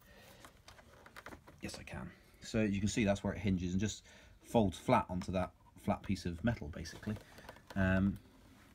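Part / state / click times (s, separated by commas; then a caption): folding hinge latch on the scooter stem, locking into the deck catch / not seated / none. A Stigo electric scooter is being folded flat, with its stem hinge resting down onto a flat piece of metal while someone talks over soft handling sounds. The folding hinge latch on the stem has not yet been pushed into the deck catch, and nothing has seated or clicked yet.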